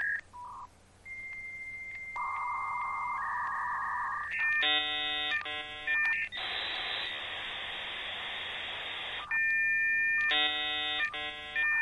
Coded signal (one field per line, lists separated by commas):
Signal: dial-up modem handshake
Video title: ASMR for Computer Geeks (Dial Up Sounds)